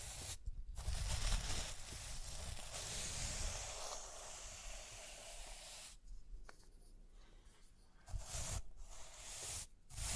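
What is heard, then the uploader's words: Brushing and scratching over rhinestones makes a dense, steady hiss that fills the upper range for most of the clip, with a soft low rumble underneath during the first three seconds. The hiss breaks off briefly near 0.5, 6, 8 and 10 seconds. Rhinestone Tapping, Scratching, Brushing.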